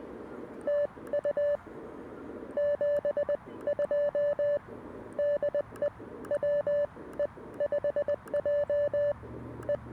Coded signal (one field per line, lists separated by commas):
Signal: Morse code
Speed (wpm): 20 wpm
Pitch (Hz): 580 Hz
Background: none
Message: TU 7 2 DE W E 5J E